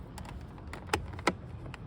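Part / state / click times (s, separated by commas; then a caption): plastic door handle insert into car door card / seated / 0.9 s, 1.3 s. An aftermarket plastic pull-handle insert is pressed onto the door card of the interior door handle of a BMW 750Li F02 7 Series. A few faint ticks are followed by two sharp plastic clicks at 0.9 s and 1.3 s as the cover clicks into place. The insert is seated.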